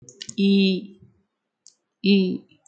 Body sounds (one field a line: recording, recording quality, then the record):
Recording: sustained vowel as in beet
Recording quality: excellent, no background noise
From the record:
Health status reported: healthy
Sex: female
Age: 35 years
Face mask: not worn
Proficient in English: yes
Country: India